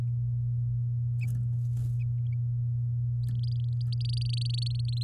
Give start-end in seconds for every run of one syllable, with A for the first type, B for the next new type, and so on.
3.43-5.03 A